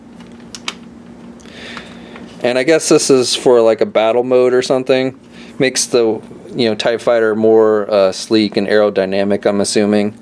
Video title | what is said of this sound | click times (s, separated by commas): Star Wars Rogue One Hasbro 3.75" Imperial Tie Striker Vehicle Review | what you can do is you can pull them up like this and they'll just click into place and you have to pull each one up | 0.6 s, 0.7 s